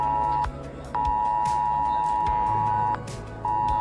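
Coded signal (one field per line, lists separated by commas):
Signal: Emergency Alert System (SAME) tones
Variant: 853 and 960 Hz attention tone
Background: music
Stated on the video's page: Indian government test emergency alert sent to Android and iPhone phones, with a persistent loud beep until dismissed, delivered first to Airtel, then Jio.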